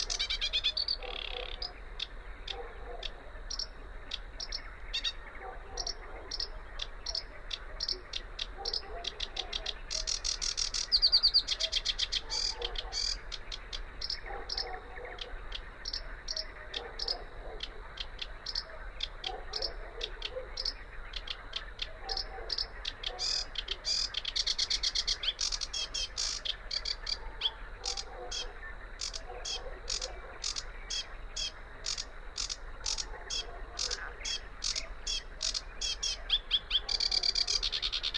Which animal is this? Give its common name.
Sedge Warbler